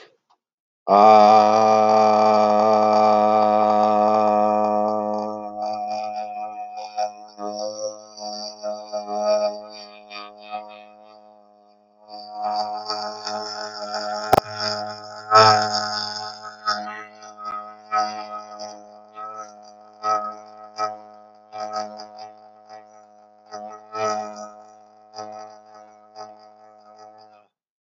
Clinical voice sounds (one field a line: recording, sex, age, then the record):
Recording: vowel held as long as possible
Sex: male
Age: 30 to 39 years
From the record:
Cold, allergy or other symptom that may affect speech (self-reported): no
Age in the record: 37 years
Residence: Virginia, United States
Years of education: 18